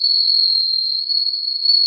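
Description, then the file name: Bell cricket song, a pure high ringing trill held steadily without a break throughout. "suzumushi"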